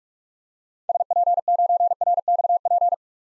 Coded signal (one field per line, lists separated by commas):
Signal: Morse code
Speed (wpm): 41 wpm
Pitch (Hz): 700 Hz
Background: none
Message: SP9RXP